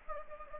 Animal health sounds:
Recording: mosquito wingbeat signal from an infrared sensor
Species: Anopheles gambiae

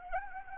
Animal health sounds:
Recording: mosquito wingbeat signal from an infrared sensor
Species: Anopheles gambiae

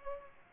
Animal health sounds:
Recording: mosquito wingbeat signal from an infrared sensor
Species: Aedes aegypti

